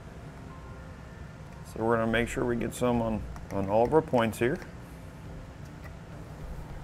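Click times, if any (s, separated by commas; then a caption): none. Someone talks while dielectric grease is applied to the pins of a plastic T-One trailer wiring harness connector, to help keep moisture away, before it plugs into the factory tow package connector on a 2014 Chevrolet Traverse. A low steady background hum runs throughout, and nothing has seated or clicked yet.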